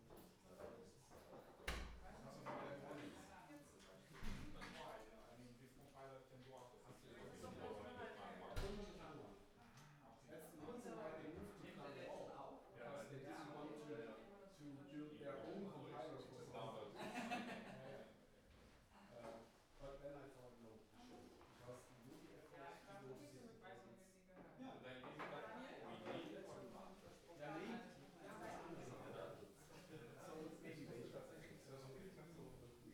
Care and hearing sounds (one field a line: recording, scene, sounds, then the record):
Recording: everyday scene through a hearing-aid microphone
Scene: many people talking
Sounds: many voices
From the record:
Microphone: behind the ear, right, rear